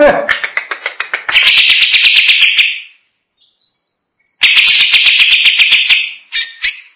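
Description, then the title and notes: Greater green leafbird song: a stuttering run of notes builds into loud, buzzy high chattering phrases, broken by a pause of over a second. Champion songbird. "Kicau Burung Cucak Ijo Juara. Suara kicauan burung cucak ijo"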